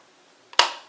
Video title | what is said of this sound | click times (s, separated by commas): Simply Safe Security Base Station BS2000 How To - Replacing The Wireless Card/Module | and just turn the lid counterclockwise and you hear it click off like that | 0.6 s